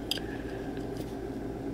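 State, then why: Not seated. Someone folds out and rotates the plastic foot of a transforming robot toy, trying to click it into its leg joint. A sharp plastic tick sounds at 0.1 s and a faint one at 1.8 s over a steady low hum. The foot does not click into place.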